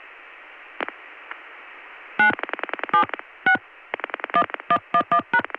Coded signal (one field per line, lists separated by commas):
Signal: DTMF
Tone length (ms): 80 ms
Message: 9 76 1111#